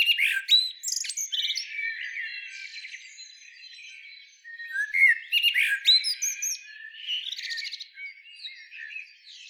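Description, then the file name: Common blackbird song of flowing whistled notes broken by sharp, high squeaky twitters, several phrases close together. "Turdus merula"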